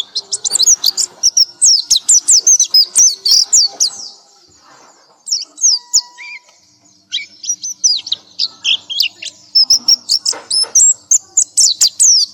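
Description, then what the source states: Nightingale song: rapid, varied high phrases of sharp chirps and slurred whistles, with brief pauses before the fast jumble resumes. Masteran training recording, used to teach cage birds to sing.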